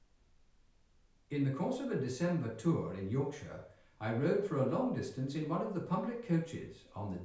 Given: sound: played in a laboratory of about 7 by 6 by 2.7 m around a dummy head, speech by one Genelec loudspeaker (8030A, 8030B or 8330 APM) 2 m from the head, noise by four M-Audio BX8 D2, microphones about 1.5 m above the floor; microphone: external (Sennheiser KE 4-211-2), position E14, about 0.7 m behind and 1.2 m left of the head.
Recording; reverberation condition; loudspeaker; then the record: male speech in English; medium; 90 degrees to the right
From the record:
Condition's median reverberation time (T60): about 510 ms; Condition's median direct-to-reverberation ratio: about -0.5 dB